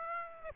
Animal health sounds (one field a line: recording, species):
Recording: mosquito wingbeat signal from an infrared sensor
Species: Aedes aegypti